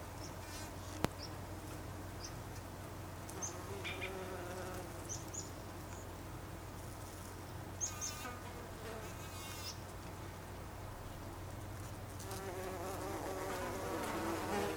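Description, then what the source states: Bumblebee drone heard in brief passes, then a louder buzz building over the final seconds, over a constant low hum. Bumblebees (Icelandic hunangsflugur), recorded on 26 August 2012.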